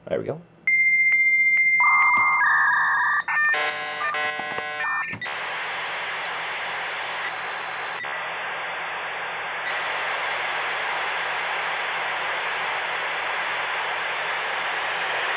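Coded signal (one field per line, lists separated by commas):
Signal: dial-up modem handshake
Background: speech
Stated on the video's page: Two modems handshaking over a phone line to a fake number, negotiating connection rate; Windows XP computer dialing, Windows 98SE laptop answering.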